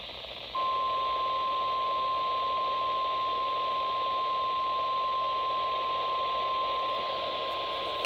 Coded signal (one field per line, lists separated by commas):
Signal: Emergency Alert System (SAME) tones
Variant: 1050 Hz attention tone